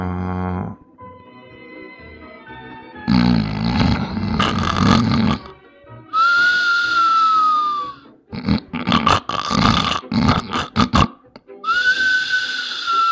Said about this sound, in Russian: Он не договорил и захрапел вперемешку с присвистом.